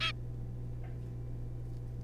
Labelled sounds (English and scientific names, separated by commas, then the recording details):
Zebra Finch (Taeniopygia guttata)
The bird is a juvenile
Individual R3549